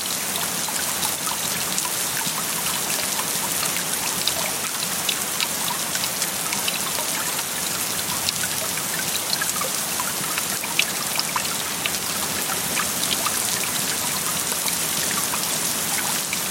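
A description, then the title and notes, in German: Rain falls steadily on a shelter roof, a dense, even patter of drops with sharp individual taps scattered throughout. The sound is bright, holding the same level for the whole stretch, with a faint low rumble underneath. Die Folge habe ich auf dem Berliner Höhenweg im Zillertal aufgenommen. Naturgeräusche, die ich bei einsetzendem Regen und aufziehendem Gewitter in einer Aschaffenburger Schutzhütte auf über 2.000 m gemacht habe.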